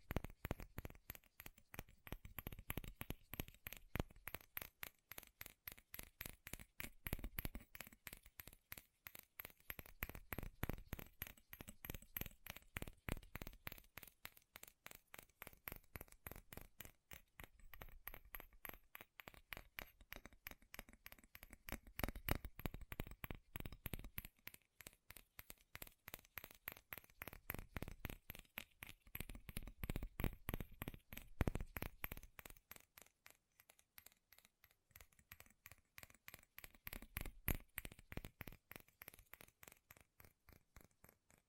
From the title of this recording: FAST & FURIOUS TAPPING Metal Sounds